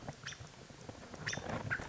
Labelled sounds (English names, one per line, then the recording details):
American Robin
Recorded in Sonoma County, California